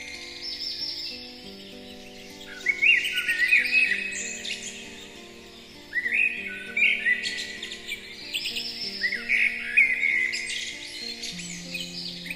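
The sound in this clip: Bird chirping in three lively bursts of squeaky twitters and short calls, with soft held low tones playing underneath throughout.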